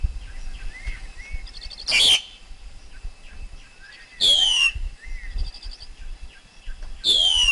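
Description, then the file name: Black-collared Starling song: a harsh burst, then two loud whistled notes sliding downward over a rising sweep, spaced about three seconds apart, with faint chirps between. Wild forest bird's song, used for teaching young birds to sing. "Tieng chim ca cuong rung tap chim con hot"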